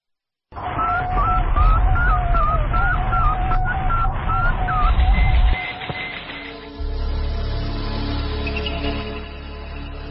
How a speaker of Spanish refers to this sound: Dos hermanos italianos fueron capaces de interceptar el audio, la señal de radio de este Sputnik 2 y por tanto los sonidos que emitía la perrita Laika que estaba a bordo. Este es el documento.